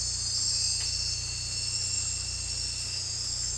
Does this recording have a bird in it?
no